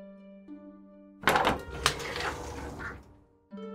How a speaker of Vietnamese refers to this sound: Có tiếng mở cửa vang lên.